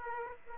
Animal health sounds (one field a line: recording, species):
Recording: mosquito wingbeat signal from an infrared sensor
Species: Aedes aegypti